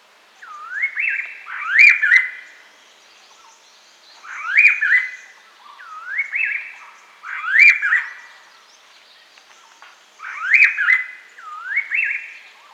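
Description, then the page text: Silver-eared laughingthrush giving repeated melodic phrases of looping, upslurred whistles, five or six bursts throughout with short quiet gaps between them. "Silver-Eared Laughingthrush Call Sound Effect. Quick Sounds"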